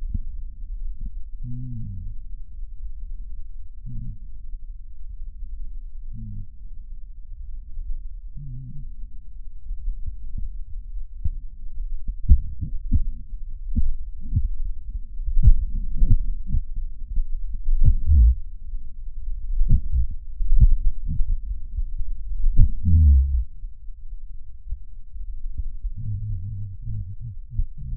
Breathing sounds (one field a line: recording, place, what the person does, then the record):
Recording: lung sounds by stethoscope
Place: left posterior apical chest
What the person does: quiet breathing, then cough and speech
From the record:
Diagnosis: pulmonary infection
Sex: male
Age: 69 years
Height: 184 cm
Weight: 115 kg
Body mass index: 34.0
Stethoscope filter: bell mode